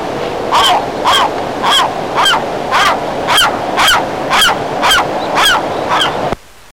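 Western gull giving a steady series of loud, nasal, honking calls, about two per second, ending abruptly.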